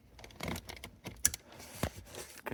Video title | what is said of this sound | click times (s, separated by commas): Auto Start Stop Disable Module installation (Subaru Forester 2020) Ebaifun Brand | So, it's now clicked in place | 1.3 s